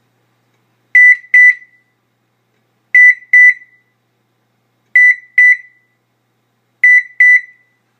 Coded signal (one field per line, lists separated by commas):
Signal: none